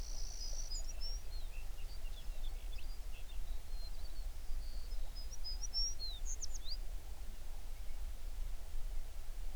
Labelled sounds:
songbird
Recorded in the Prudhoe Bay oil fields, Alaska, on 11 June 2019 at 05:39
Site 21

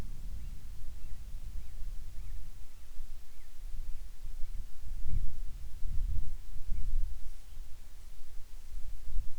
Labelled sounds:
bird
wind
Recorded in the Arctic National Wildlife Refuge, Alaska, on 10 July 2019 at 18:30
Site 44

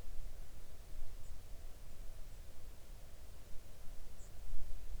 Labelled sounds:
songbird
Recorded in the Arctic National Wildlife Refuge, Alaska, on 3 August 2019 at 05:38
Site 41

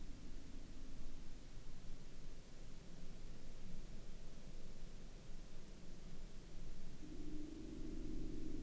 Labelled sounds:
man-made sound
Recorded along the Dempster Highway, Canada, on 21 September 2020 at 21:23
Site 17

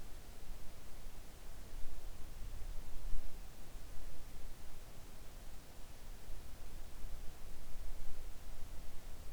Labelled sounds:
near silence
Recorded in the Arctic National Wildlife Refuge, Alaska, on 3 August 2019 at 05:03
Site 41

